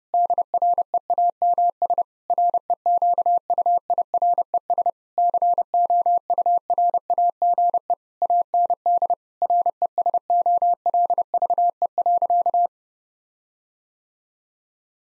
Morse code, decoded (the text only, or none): DREAMS REQUIRES COURAGE AND RESOLVE.